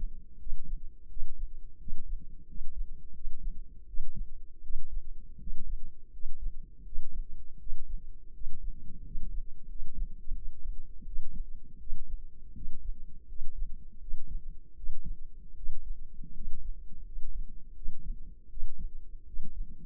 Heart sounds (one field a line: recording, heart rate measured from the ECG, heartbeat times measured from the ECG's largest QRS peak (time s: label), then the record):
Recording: heart sounds by microphone in the left ear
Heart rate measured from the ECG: 83 bpm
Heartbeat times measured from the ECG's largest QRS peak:
0.36 s: heartbeat
1.06 s: heartbeat
1.77 s: heartbeat
2.45 s: heartbeat
3.11 s: heartbeat
3.84 s: heartbeat
4.60 s: heartbeat
5.37 s: heartbeat
6.09 s: heartbeat
6.82 s: heartbeat
7.56 s: heartbeat
8.31 s: heartbeat
9.01 s: heartbeat
9.65 s: heartbeat
10.32 s: heartbeat
11.03 s: heartbeat
11.77 s: heartbeat
12.52 s: heartbeat
13.25 s: heartbeat
13.98 s: heartbeat
14.73 s: heartbeat
15.53 s: heartbeat
16.32 s: heartbeat
17.02 s: heartbeat
17.73 s: heartbeat
18.47 s: heartbeat
19.23 s: heartbeat
From the record:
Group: healthy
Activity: rest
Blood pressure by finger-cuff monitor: 113/62 mmHg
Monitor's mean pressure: 74 mmHg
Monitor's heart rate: 84 bpm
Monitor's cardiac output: 6.2 L/min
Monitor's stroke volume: 74 mL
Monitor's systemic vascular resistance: 860 dyn s/cm5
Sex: male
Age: 20 years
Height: 167 cm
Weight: 61 kg